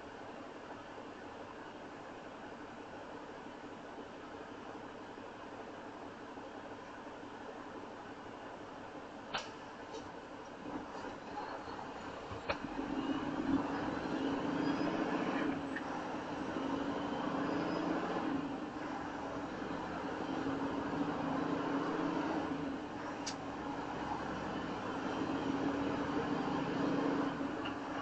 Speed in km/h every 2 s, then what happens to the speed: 0, 0, 0, 0, 0, 0, 5, 13, 15, 18, 21, 24, 27, 31.
0-11 standing. 11-28 pulls away to 31.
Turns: none.